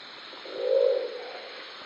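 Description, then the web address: Crested owl uttering one short, deep, rough note that rises in loudness and trails off, with constant background hiss. "sound Crested-owl. صدای-جغد-کاکلی"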